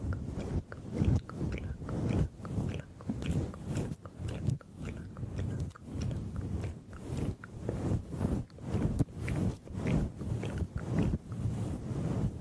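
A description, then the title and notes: Gentle mic scratching and swirling in a dense, continuous rustle of low, grainy strokes, pulsing roughly twice a second with brief pauses. ASMR Gentle Mic Scratching and Swirling for a DEEP SLEEP.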